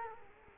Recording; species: mosquito wingbeat signal from an infrared sensor; Culex quinquefasciatus